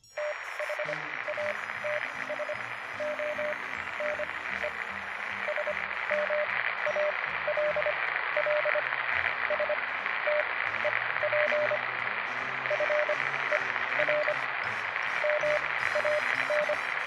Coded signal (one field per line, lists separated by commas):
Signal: Morse code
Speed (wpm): 25 wpm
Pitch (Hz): 600 Hz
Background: music, radio noise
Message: THATS ONE SMALL STEP FER MAN